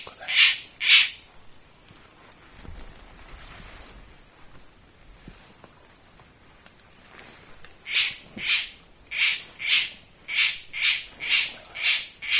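Bird uttering two harsh buzzy calls, then a long quiet stretch, then a steady run of similar raspy calls roughly twice a second.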